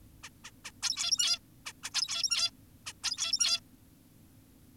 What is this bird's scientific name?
Taeniopygia guttata